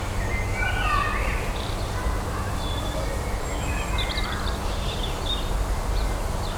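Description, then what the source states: Birds chirping, with scattered short high notes and a brief warbled phrase early on, over a continuous low rumble of traffic. City garden.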